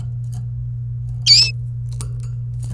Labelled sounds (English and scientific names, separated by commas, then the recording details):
Domestic Canary (Serinus canaria) song
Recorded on 27 April 2018 at 17:04
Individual llb3